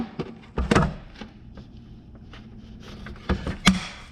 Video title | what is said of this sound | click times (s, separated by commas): Straw, Hoes, Blowing, & Bearings | And you hear it click in place. | 3.7 s